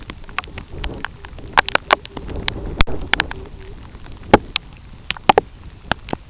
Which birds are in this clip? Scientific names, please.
Calidris melanotos